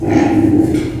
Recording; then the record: squeal of a Yucatan mini pig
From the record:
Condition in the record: before surgery on the right vocal fold (resection and tissue-engineered implant); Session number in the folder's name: 2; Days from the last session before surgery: -15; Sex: female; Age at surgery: 19 weeks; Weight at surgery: 25 kg